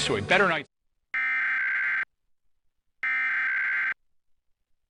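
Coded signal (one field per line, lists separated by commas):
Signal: Emergency Alert System (SAME) tones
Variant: header bursts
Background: speech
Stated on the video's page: Required Monthly Test on a TV station's digital subchannels, recorded with a Tablo Quad.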